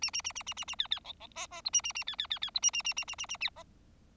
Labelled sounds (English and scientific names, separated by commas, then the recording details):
Bengalese Finch (Lonchura striata domestica) song
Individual Bird4